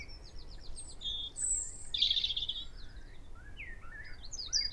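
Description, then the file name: Eurasian wren song fragments, quick high notes and a short trill, then a loud burst and scattered twittering over constant background noise. "Troglodytes troglodytes"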